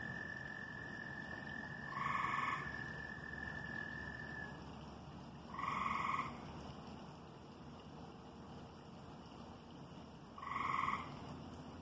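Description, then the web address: Frog croaks: three short buzzy calls spaced four to five seconds apart over a steady low background hiss. "jbf autoplot. frogs"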